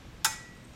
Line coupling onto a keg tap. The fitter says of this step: that means you're engaged